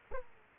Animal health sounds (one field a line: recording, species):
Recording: mosquito wingbeat signal from an infrared sensor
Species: Aedes aegypti